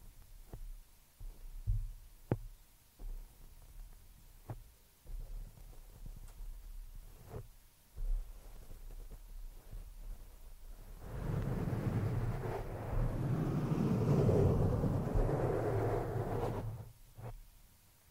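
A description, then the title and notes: Scratching and rubbing directly on a microphone, muffled, with scattered sharp clicks and low thumps through the first ten seconds. Around eleven seconds a dense, louder stretch of continuous scraping takes over, rumbling low, before easing back to sparse taps near the end. ASMR PURE SCRATCHING ON THE MICROPHONE NO TALKING.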